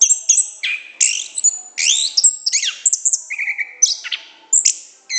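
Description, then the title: Orange-headed thrush singing short bursts of clear whistles and sweeping slurred notes, including a steady whistled note midway, separated by brief pauses. Continuous, loud, open song, called gacor ngeplong in Indonesian bird-keeping terms. "Anis Kembang Gacor Ngeplong Istimewa Suara Burung"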